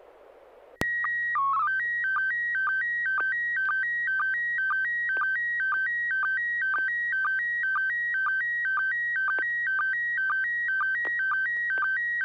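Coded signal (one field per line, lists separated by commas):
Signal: SSTV (slow-scan television)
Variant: PD 120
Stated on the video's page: SSTV net on an FM repeater, 441.30 MHz, sent with MMSSTV software.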